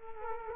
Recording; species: mosquito wingbeat signal from an infrared sensor; Culex quinquefasciatus